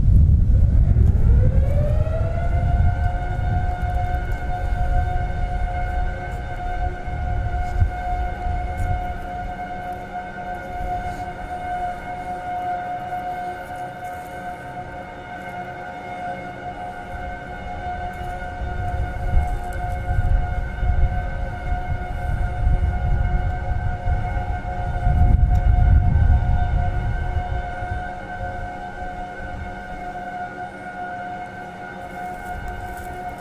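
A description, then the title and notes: A huge outdoor tracking antenna moves, its drive motors rising in pitch over the first two seconds into a steady, layered whine that holds to the end. Low wind rumble gusts beneath it, strongest at the start and around 25 seconds. Outdoor ambient sound as ESA's 600-tonne, 35-m deep space tracking station at New Norcia, Western Australia, rotates into horizontal pointing during a maintenance test.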